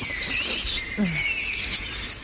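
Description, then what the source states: Common swift screams: shrill, high, wavering screams, repeated with brief breaks. Whistle described as very irritating and unbearable.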